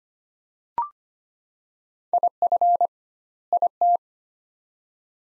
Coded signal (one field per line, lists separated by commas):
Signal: Morse code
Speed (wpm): 25 wpm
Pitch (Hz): 700 Hz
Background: none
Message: IF IT